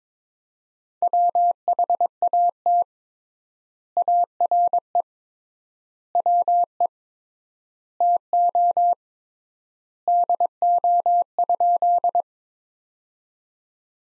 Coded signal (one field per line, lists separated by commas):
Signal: Morse code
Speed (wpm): 22 wpm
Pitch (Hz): 700 Hz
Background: none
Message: WHAT ARE WE TO DO?